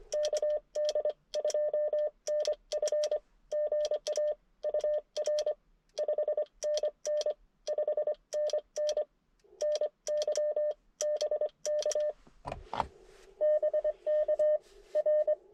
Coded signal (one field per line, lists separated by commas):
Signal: Morse code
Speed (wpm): 24 wpm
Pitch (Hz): 600 Hz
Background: none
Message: KD2NF GA UR 5NN 5NN NY BK BK R